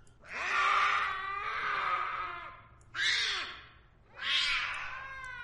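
A black cat, getting up from beneath a man's feet at 2 a.m., lets out three long, loud, wavering wails with a harmonic, baby-like cry quality. The first is drawn out over more than two seconds, and two shorter cries follow after brief pauses.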